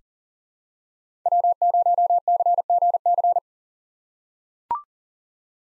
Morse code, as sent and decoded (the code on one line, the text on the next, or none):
.-- ----- -.-. --. -.-.
W0CGC